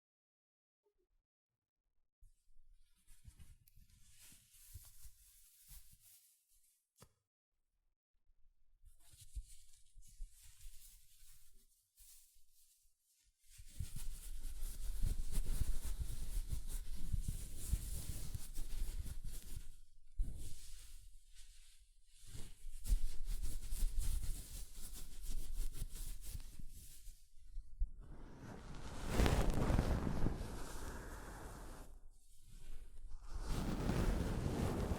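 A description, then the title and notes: Soft fabric brushes against a microphone in rough, rustling strokes. The first dozen seconds are sparse, with short quiet bursts and gaps of silence; from about 13 seconds the rubbing turns dense and continuous with a deep rumble, briefly pausing near 20 and 27 seconds. ASMR Mic Brushing using Soft Fabric (No Talking).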